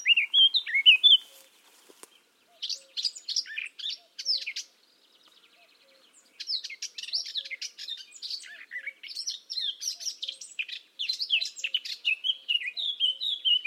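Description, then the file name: Eurasian blackcap song: bursts of fast scratchy warbling separated by short silences. "Sylvia atricapilla"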